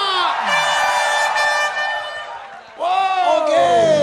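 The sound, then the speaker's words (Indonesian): An audience at the Liga Dangdut show, supporters from South Sumatra (Sumatera Selatan), cheers and shouts loudly, with long, high, wavering voice tones blending together; the noise dips briefly near the end, then surges back with fresh rising and falling shouts. “Sumatera Selatan mana teriakannya?”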